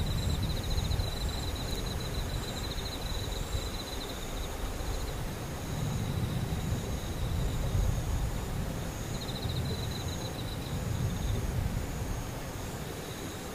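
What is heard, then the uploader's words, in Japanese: Steady rain hiss with a low rumble underneath, while insects or cicadas trill in high, pulsing bands that fade in and out. 雨ムシセミ無音。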